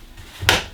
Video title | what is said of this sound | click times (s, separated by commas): Bosch BBH6POWER Cordless Vacuum Cleaner | then that just clicks like that and then the handle will just sit on top push it down | 0.5 s